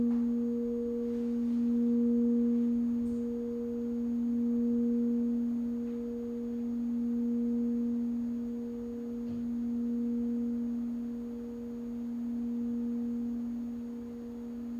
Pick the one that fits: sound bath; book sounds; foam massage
sound bath